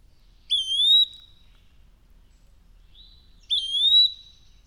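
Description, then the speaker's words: Eastern Wood-Pewee call, two clear high whistled slurred notes about three seconds apart, each rising then steadying, over a quiet background. One of several different calls of the eastern wood-pewee. "And I'd like to take a moment to appreciate the different calls of the eastern wood peewee."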